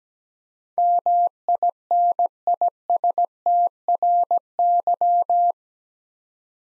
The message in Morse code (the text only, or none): MINISTRY